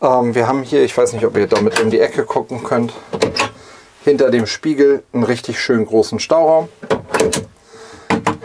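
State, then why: Seated. Someone talks while showing the large storage cabinet behind the bathroom mirror in a Pössl Vario 499 compact camper. The cabinet door is then closed with two sharp knocks at 8.1 s and 8.3 s, and its catch latches the door shut at 8.3 s.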